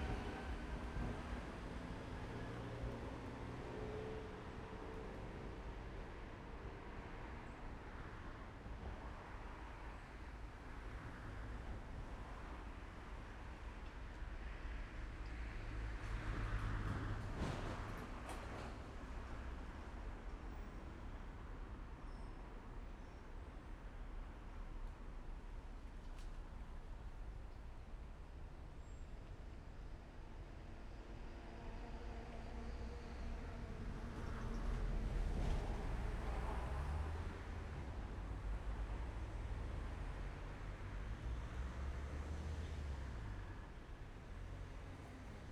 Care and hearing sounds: everyday scene through a hearing-aid microphone; in traffic; traffic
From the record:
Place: main road on the outskirts, rush hour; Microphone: behind the ear, left, rear

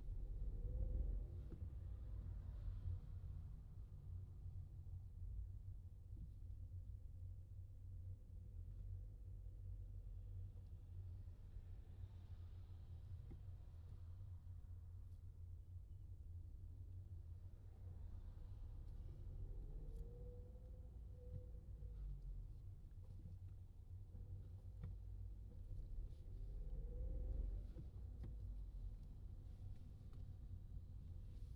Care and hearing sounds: everyday scene through a hearing-aid microphone; in a vehicle; engine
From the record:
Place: Skoda Fabia, gasoline engine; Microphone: in the ear canal, left

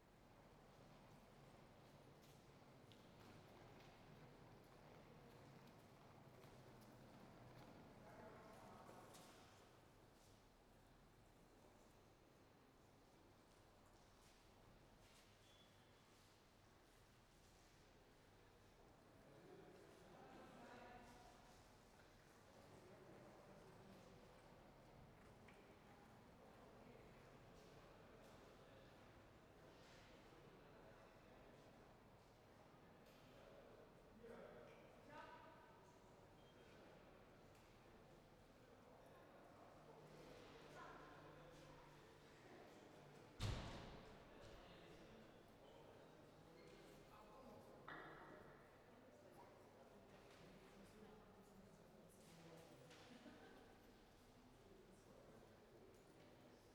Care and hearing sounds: everyday scene through a hearing-aid microphone; reverberant space; background noise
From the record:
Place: railway station hall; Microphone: behind the ear, right, front

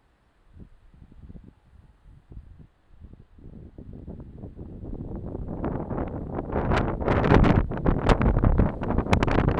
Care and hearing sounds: everyday scene through a hearing-aid microphone; wind on the microphone; squally wind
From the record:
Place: parking lot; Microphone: in the ear canal, left

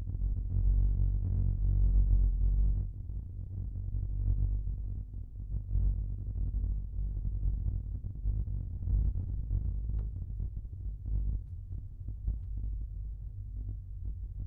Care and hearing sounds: everyday scene through a hearing-aid microphone; in a vehicle; engine, rumble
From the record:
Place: Skoda Fabia, gasoline engine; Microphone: behind the ear, left, rear

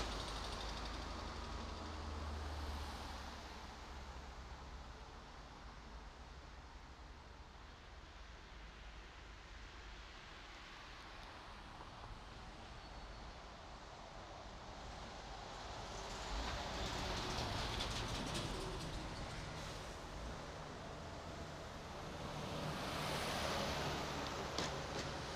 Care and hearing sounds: everyday scene through a hearing-aid microphone; in traffic; traffic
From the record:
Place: main road on the outskirts, rush hour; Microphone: in the ear canal, right

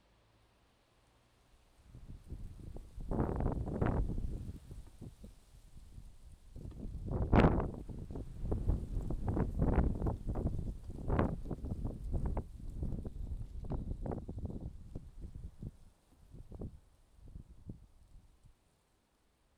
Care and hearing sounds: everyday scene through a hearing-aid microphone; wind on the microphone; wind, traffic, birds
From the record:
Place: suburban garden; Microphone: in the ear canal, left

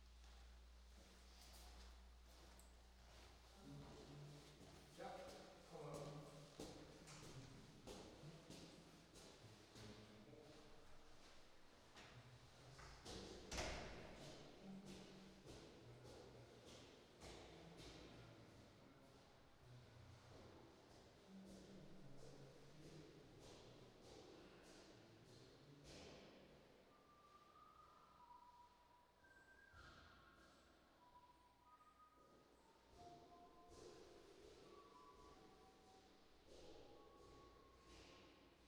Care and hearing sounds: everyday scene through a hearing-aid microphone; reverberant space; speech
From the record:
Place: staircase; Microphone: in the ear canal, right

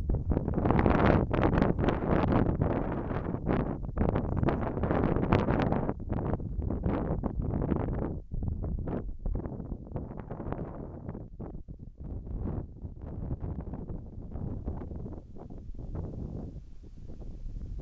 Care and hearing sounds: everyday scene through a hearing-aid microphone; wind on the microphone; wind, whistling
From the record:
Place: in front of a rural house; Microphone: behind the ear, left, front

